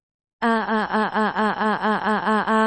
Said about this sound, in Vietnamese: Một tiếng thét chói tai vang lên.